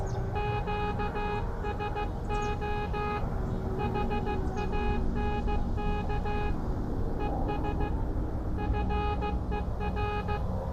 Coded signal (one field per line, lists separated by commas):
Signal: Morse code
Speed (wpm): 15 wpm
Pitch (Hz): 830 Hz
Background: none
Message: QSO HANK ES FER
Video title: Listen: 🔥 Elecraft KX2 on 9:1 End Fed Antenna | LSB & CW | DE OKC USA